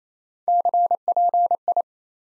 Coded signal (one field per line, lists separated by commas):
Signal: Morse code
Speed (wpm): 28 wpm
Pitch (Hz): 700 Hz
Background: none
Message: CPI